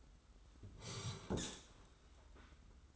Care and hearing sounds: daily activity, microphone in the room; sit down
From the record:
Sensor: 3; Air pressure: 991.6 hPa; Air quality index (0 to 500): 168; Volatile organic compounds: 1000 ppm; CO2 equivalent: 5558 ppm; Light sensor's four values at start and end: 38/108/44/38 and 36/103/41/36

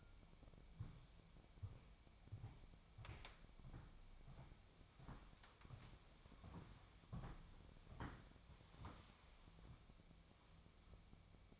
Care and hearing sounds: daily activity, microphone in the room; walk to room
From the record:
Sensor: 1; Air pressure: 999.9 hPa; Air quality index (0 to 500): 128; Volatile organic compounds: 2 ppm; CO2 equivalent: 1215 ppm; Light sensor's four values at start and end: 36/89/37/46 and 35/86/36/45

